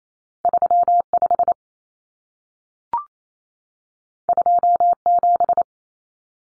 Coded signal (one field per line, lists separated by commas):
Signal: Morse code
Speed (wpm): 28 wpm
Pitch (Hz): 700 Hz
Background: none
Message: 35 27